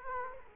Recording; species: mosquito wingbeat signal from an infrared sensor; Culex quinquefasciatus